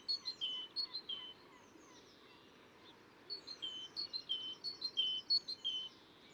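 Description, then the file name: Great tit singing a repeated two-note whistled phrase, high then lower, in two short series with a quiet gap between them. Recorded in a cemetery. "Musvit"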